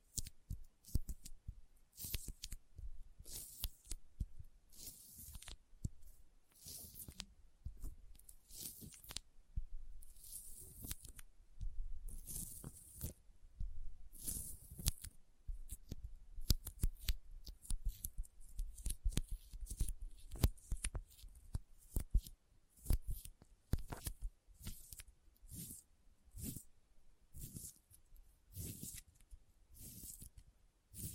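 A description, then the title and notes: Sticky fingers peel and tap in quick, irregular bursts, each a sharp crackly snap with soft thumps between, continuing densely throughout. ASMR Intense Sticky Finger Sounds (No Talking).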